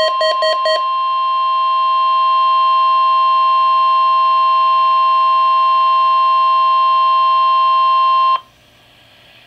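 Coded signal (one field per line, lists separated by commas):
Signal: Emergency Alert System (SAME) tones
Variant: 1050 Hz attention tone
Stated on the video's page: Required Weekly Test.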